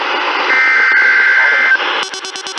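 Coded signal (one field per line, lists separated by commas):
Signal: Emergency Alert System (SAME) tones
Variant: header bursts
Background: speech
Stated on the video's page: Required Weekly Tests received in March 2020.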